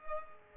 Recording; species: mosquito wingbeat signal from an infrared sensor; Culex pipiens